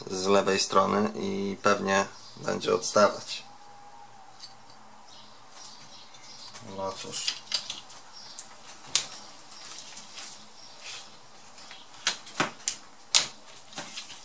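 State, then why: Seated. Someone talks, then presses the left side of a replacement plastic housing part for an ASUS R556L laptop, where it was expected to stick out. Several sharp plastic snaps follow, the loudest at 8.9 s and 12.7 s. The housing clip seats into the laptop bottom case.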